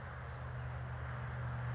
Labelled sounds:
California Towhee (Melozone crissalis)
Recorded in Sonoma County, California

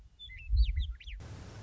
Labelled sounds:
Western Meadowlark (Sturnella neglecta)
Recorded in Sonoma County, California

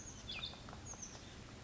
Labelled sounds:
Oak Titmouse (Baeolophus inornatus)
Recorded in Sonoma County, California

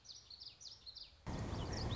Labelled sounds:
Common Yellowthroat (Geothlypis trichas)
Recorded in Sonoma County, California

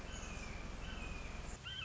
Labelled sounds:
Red-shouldered Hawk (Buteo lineatus)
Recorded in Sonoma County, California

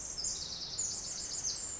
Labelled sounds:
Pacific Wren (Troglodytes pacificus)
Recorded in Sonoma County, California

